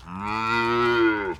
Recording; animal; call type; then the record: contact call of a hoofed animal; cattle; low-frequency (closed-mouth) or high-frequency (open-mouth) call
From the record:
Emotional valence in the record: negative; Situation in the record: full separation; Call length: 1.40 s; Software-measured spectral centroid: 1780 Hz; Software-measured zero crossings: 1920 a second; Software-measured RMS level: -23 dBFS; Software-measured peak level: -10 dBFS